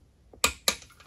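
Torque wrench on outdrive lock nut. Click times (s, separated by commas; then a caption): 0.4 s. A Craftsman click-type torque wrench set to 35 ft-lb tightens a lock nut on a Mercruiser outdrive lower unit. A sharp click sounds at 0.4 s, followed by a second, similar click at 0.7 s, with quiet between. The wrench clicks at its setting, confirming the lock nut is torqued to 35 ft-lb.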